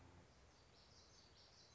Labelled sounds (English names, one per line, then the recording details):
Common Yellowthroat
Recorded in Sonoma County, California